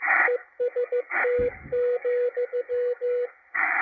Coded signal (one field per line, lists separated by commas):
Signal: Morse code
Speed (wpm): 15 wpm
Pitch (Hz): 490 Hz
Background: radio noise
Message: EST,